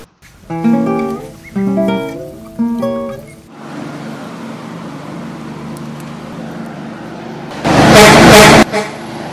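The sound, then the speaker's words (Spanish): Three sharp car-horn blasts sound in quick succession, then a steady engine and road rumble builds until a loud, harsh rush of a car speeding past cuts through for about a second, nearly running a person over in the middle of a market square. “Casi que lo atropella el carro.”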